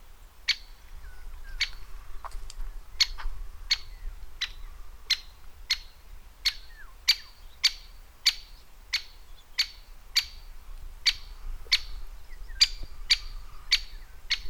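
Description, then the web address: Great spotted woodpecker calling repeatedly with short, sharp 'kik' notes roughly every half second to second, steady series throughout. From a bird educational trail. "Vogellehrpfad Buntspecht"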